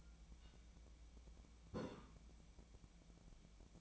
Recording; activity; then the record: daily activity, microphone in the room; take from stove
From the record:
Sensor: 1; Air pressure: 1010.0 hPa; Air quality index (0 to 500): 186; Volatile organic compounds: 16 ppm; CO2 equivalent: 2560 ppm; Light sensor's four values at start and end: 38/97/40/49 and 38/97/41/50